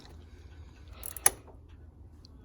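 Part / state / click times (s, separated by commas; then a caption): battery terminal clamp nut on truck battery post / torque reached / 1.3 s. A battery terminal clamp nut on a truck battery post of a Nissan Titan, Armada or Infiniti QX56, being replaced for a no-start dead battery, is tightened with a ratchet or torque wrench as resistance builds. A few faint metallic ticks lead into one sharp metallic click at 1.3 s over a low background rumble. The clamp is tightened until the wrench clicks, and it has reached torque.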